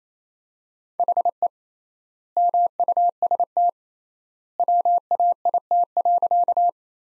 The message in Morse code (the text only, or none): HE MUST WAIT.